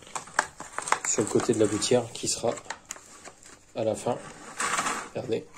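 A second plastic end cap is being handled at the end of a PVC gutter, ready to be pushed onto its side, while someone talks over a few short taps and handling knocks. Nothing has seated or clicked yet.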